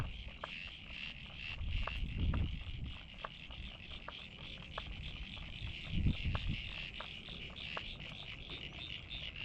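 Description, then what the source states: Frogs giving a constant high-pitched chorus punctuated by quick clicking notes, with bursts of low rumble at about two and six seconds. Frogs recorded at North Head, Sydney, Australia.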